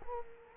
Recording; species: mosquito wingbeat signal from an infrared sensor; Culex quinquefasciatus